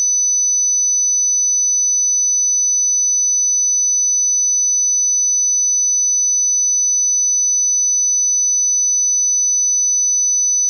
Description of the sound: Tinnitus.